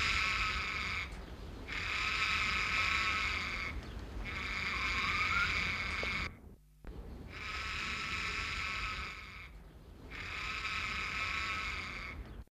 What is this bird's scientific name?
Psittacus erithacus